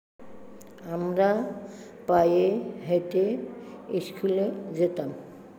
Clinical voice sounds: elicited speech; Bengali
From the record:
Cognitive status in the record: dementia

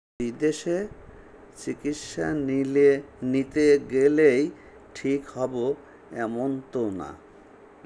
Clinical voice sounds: elicited speech; Bengali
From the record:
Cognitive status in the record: dementia

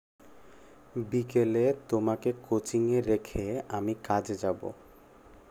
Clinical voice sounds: elicited speech; Bengali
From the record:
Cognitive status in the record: cognitively healthy

